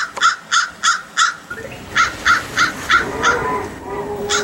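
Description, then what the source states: Crow calling with loud, harsh caws: a run of four, a brief pause, then five more evenly spaced, and a final caw at the end. Crow recorded with a mirror.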